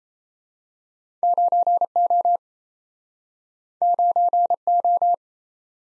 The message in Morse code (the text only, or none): 9O 9O